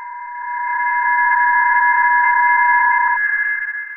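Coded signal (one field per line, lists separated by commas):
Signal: PSK31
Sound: several steady warbling tones at once, one at 1 kHz stopping near the end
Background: radio static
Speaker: ok so the signs you can hear a multiple psk31 signals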